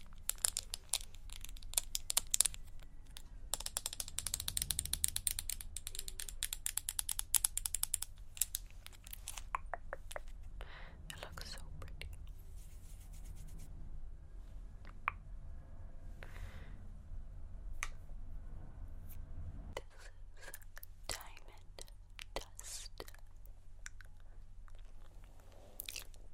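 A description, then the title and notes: ASMR makeup triggers: dense, rapid clicking and tapping fills the first ten seconds, then thins into scattered crisp taps and snaps. A low hum runs underneath throughout, and a faint whisper-like murmur comes and goes between the sharper sounds. ASMR Makeup Triggers.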